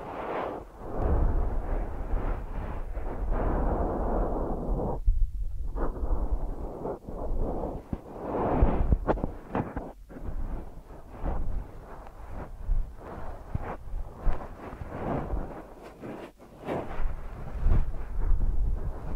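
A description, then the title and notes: Deep ear massage sounds: dense, muffled rubbing and pressing that fills the low and middle range, with little brightness above. The texture swells and thins unevenly, with brief near-silent gaps around 5, 10 and 16 seconds and soft thumping bursts between. ASMR Deep Ear Massage for Sleep(No Talking).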